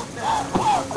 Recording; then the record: coughing mixed with background sound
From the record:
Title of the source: Spring Allergy Coughing